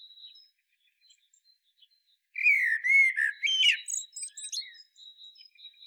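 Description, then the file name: Common blackbird singing one rich whistled phrase that slides up and down, then ends in thin high twittering, with faint high notes before and after. "Turdus merula"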